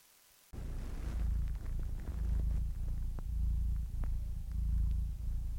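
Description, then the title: Silence, then a domestic cat starts a strong low purr that rolls on in regular breathing cycles, with a faint steady hum behind it. Meows of domestic cats from kittens to old cats, ranging from delicate, barely audible squeaks to full-throated meows. "Adorable Cat Meows #CatMeows #CuteKittens"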